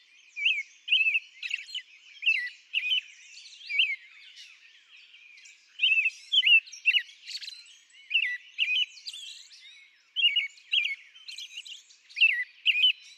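American robin singing groups of quick whistled phrases, dropping and rising in pitch, with thin high notes faintly behind them.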